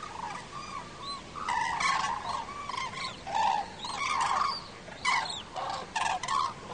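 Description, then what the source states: Common crane calls from a flock: loud, rolling trumpeting notes, several birds overlapping, many calls in quick succession. Flock of migrating common cranes in autumn.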